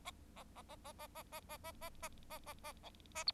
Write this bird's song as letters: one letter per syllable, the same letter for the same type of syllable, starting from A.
A A A A A A A A A A A A A A B A C